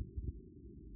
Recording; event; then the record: neck accelerometer signal played as sound; no cough (speech, laughter, throat clearing or background)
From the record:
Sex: female